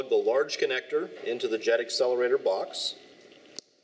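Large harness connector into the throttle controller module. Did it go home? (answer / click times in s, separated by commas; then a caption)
yes / 3.6 s. A man talks, then a large plastic harness connector is pushed into the JET Xcelerator throttle controller box on a late-model Toyota. A single sharp click is heard at 3.6 s, and the connector is seated.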